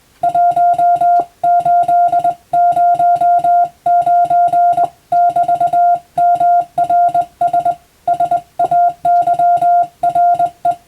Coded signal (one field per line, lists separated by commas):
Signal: Morse code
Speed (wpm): 21 wpm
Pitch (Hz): 700 Hz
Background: music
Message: 1809<BT>MRS SAYRE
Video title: モールス信号を操る匠の技！スマホ時代の今でも行われている国家試験の練習風景です。アマチュア無線ハムの受信練習にもどうぞ(morse code practice for radio operator )